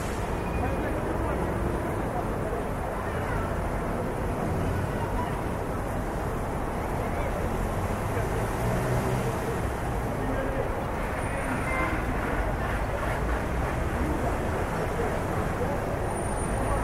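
A city at night, with a dense, steady wash of traffic rumble and murmuring voices that barely changes in level. The sound sits low and thick, with a faint thin whine surfacing briefly near the end.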